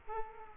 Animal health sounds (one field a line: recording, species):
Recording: mosquito wingbeat signal from an infrared sensor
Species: Culex quinquefasciatus